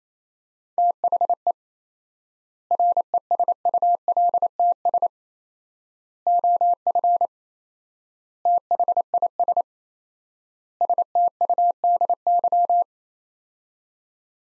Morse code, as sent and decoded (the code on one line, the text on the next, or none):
- .... . / .-. . ... ..- .-.. - ... / --- ..-. / - .... .. ... / ... - ..- -.. -.--
THE RESULTS OF THIS STUDY